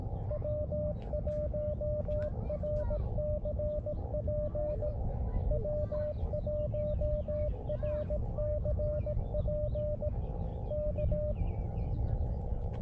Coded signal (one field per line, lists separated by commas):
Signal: Morse code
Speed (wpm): 18 wpm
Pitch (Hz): 600 Hz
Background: speech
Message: W1RCP W1RCP K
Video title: Stone Mountain Georgia #SOTA & #POTA w/ Elecraft KX2 and MFJ-1898 #hamRadio #CW #SSB